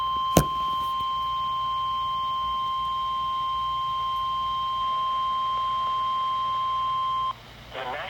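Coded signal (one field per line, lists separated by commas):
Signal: Emergency Alert System (SAME) tones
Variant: 1050 Hz attention tone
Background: speech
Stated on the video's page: Severe thunderstorm warning alert recorded from a NOAA weather radio station.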